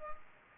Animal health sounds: mosquito wingbeat signal from an infrared sensor; Culex pipiens

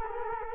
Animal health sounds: mosquito wingbeat signal from an infrared sensor; Culex quinquefasciatus

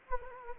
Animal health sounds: mosquito wingbeat signal from an infrared sensor; Anopheles gambiae

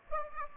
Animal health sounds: mosquito wingbeat signal from an infrared sensor; Aedes aegypti

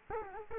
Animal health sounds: mosquito wingbeat signal from an infrared sensor; Culex quinquefasciatus

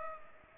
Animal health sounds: mosquito wingbeat signal from an infrared sensor; Culex pipiens

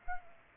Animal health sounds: mosquito wingbeat signal from an infrared sensor; Aedes aegypti

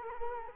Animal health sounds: mosquito wingbeat signal from an infrared sensor; Culex quinquefasciatus

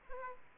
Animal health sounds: mosquito wingbeat signal from an infrared sensor; Aedes aegypti

